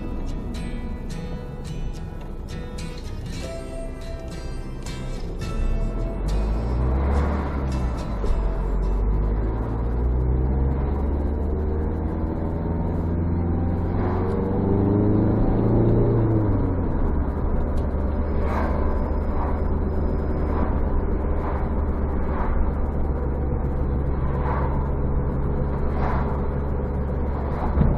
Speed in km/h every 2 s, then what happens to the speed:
27, 8, 4, 13, 22, 31, 40, 44, 54, 56, 54, 56, 49, 52.
0-3 brakes to 4. 5-20 speeds up to 54. 20-28 steady at about 52.